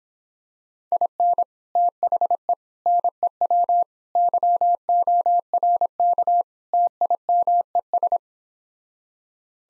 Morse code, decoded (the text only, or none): IN THE NEW YORK TIMES